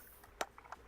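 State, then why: Seated. A cleaned filter insert is pressed into a plastic pool vacuum housing and snaps into place with a sharp click at 0.4 s, followed by two quieter clicks at 0.6 s and 0.7 s. The insert ends up seated in the housing.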